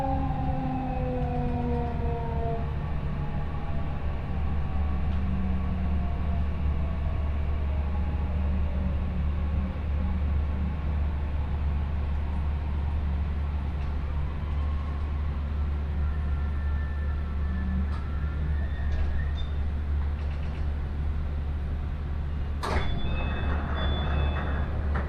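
Train ride on the Chuo West Line, Ena to Kozoji: a steady low rumble with gliding whining tones and a sharp clack near twenty-three seconds.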